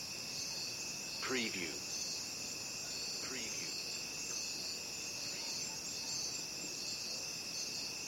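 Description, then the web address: Crickets trill continuously at a high pitch while two brief descending sweeps from another sound cut through early on. Crickets calling at night. "the sound pack tree. night crickets"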